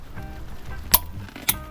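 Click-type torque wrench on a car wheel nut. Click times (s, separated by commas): 0.9 s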